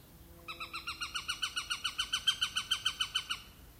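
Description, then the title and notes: Eurasian sparrowhawk chatter: a rapid, regular series of harsh, nasal notes over about three seconds. "Viikon luontoääni: Varpushaukka. Juha Laaksonen. Yle"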